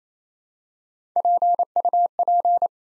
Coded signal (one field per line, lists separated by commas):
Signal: Morse code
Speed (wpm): 27 wpm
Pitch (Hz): 700 Hz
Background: none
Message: PUP